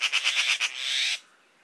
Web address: szarka hangja. szarka madar